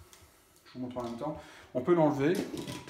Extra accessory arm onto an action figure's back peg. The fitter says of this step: on clipse je vous